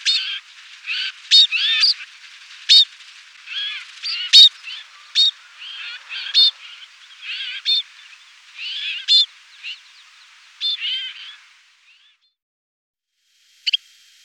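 Snowfinch calls as a string of varied high chirps and squeaky notes, some sharply rising, that fade out, followed by one brief sharp note.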